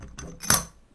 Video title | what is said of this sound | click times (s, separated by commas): Demie-cage SMALLRIG avec L-bracket pour Sony A7iii / A7Riii (2236) + accessoires SmallRig | qui du coup est fixé dans son tissu port avec encore une fois un aimant et 7e clic voilà | 0.5 s